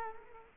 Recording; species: mosquito wingbeat signal from an infrared sensor; Culex quinquefasciatus